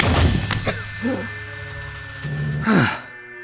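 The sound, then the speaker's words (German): A paperweight strikes a woman's head just above the left ear with one sharp, hard smack, followed by brief groaning vocal sounds and the dull thump of her body falling backward onto a marble floor, the back of her head hitting hard, all over a low steady hum. “Der Briefbeschwerer traf sie direkt über dem linken Ohr. Massimina fiel rücklings zu Boden. Ihr Hinterkopf schlug hart auf.”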